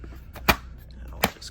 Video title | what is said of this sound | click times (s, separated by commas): GermGuardian (Lasko) AirSafe+ AC3000B Air Purifier - Unboxing + Demonstration. | it all just clicks into place. | 0.5 s, 1.2 s